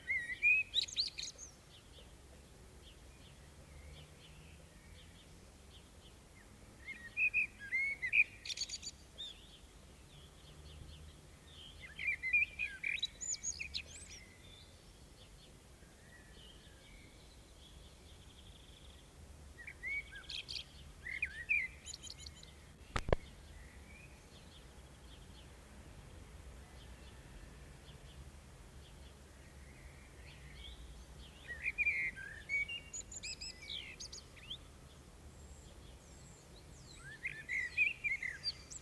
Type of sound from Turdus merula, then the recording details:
song. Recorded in the wild. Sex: male. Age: adult. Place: Bielefeld-Mitte, Nordrhein-Westfalen, DE. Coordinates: 52.0075, 8.54806. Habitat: residential district. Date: 1969-05-31. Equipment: Uher 4000 Report-S, Bändchenmikro Beyer M 260, Parabolspiegel Polyester (470 mm). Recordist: Conrads, Klaus